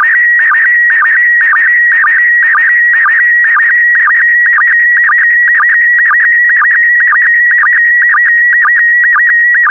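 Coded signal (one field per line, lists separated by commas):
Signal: SSTV (slow-scan television)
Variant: PD120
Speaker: complete you can now check your decoded image against the picture that is shown on the video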